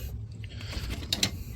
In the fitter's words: Hear the snap. You make it clap.